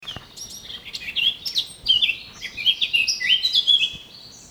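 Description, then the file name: Eurasian blackcap song: a rich, rapid warble of varied high notes, building in strength and running almost continuously for about four seconds, with soft background hiss. "Sylvia atricapilla"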